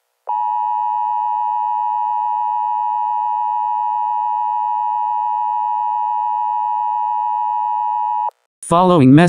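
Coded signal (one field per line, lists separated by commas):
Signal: Emergency Alert System (SAME) tones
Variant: 853 and 960 Hz attention tone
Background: speech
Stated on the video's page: Fictional EAS scenario.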